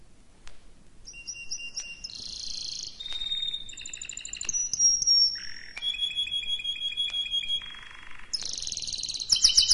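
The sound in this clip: Canary singing a varied sequence of pure whistled tones, buzzy blocks and quick trills, each phrase changing pitch abruptly, ending in a loud rapid rattle.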